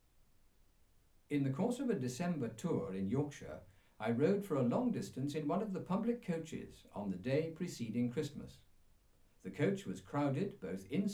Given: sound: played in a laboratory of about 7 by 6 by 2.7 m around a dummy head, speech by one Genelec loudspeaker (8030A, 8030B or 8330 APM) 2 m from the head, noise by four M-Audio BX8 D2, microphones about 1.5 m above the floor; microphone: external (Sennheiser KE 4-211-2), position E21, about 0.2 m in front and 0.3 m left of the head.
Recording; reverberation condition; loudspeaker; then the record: male speech in English; low; 90 degrees to the right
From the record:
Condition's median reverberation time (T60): about 310 ms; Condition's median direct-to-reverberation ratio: about 3.5 dB